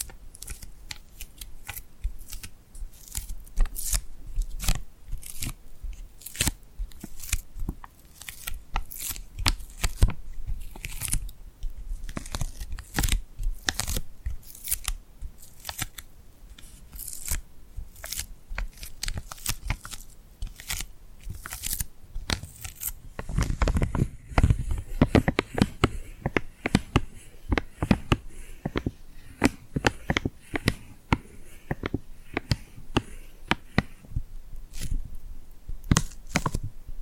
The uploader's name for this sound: Tingly Glued Hand Sounds